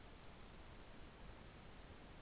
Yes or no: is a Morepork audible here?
no